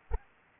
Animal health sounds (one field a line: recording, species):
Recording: mosquito wingbeat signal from an infrared sensor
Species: Anopheles arabiensis